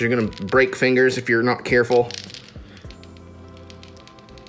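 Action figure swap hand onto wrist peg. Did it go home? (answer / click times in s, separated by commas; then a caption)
no / none. Someone talks while pushing a soft plastic swap hand onto the wrist peg of a NECA Stephen King's It Ultimate 1990 Pennywise 7-inch scale action figure, going carefully because the fingers could break. After the talking, faint small ticks of plastic handling follow, but the hand has not snapped onto the peg yet and is accepted as good enough.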